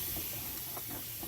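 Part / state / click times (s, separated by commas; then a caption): brake pad into caliper / not seated / none. A new rear brake pad for a 2013 Nissan Titan is handled and pushed toward the caliper bracket during a rear brake replacement. A steady broadband hiss runs throughout, with faint soft low-frequency bumps and no sharp transients. The clip ends before the pad goes home, and nothing has seated or clicked yet.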